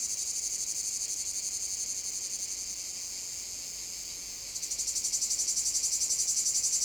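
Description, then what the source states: Cicada chorus, high rasping drone with fine rapid pulses, softer in the middle, then a louder pulsing buzz takes over near the end. Cicadas in a field at Domaine de la Sablière, Saint-Privat-de-Champclos, France; recorded with a Zoom H6 and M/S microphone.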